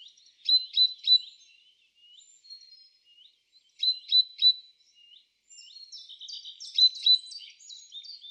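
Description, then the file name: Great tit calling in triplets of sharp high notes, given twice with soft notes between, then a denser chatter of high notes. "Parus major"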